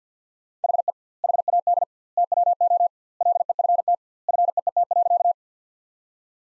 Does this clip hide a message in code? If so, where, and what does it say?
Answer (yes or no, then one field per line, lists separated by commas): yes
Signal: Morse code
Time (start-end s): 0.6-5.3 s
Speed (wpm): 50 wpm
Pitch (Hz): 700 Hz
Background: none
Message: HE HAD TWO LEFT FEET.